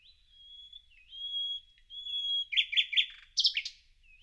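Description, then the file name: Common nightingale singing long pure whistles, some sliding, followed by loud harsh repeated notes and a sharp flourish. "Luscinia megarhynchos"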